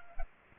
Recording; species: mosquito wingbeat signal from an infrared sensor; Aedes aegypti